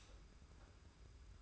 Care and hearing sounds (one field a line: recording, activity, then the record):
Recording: daily activity, microphone in the room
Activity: stop toaster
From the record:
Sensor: 2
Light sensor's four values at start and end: 32/98/38/36 and 32/98/38/36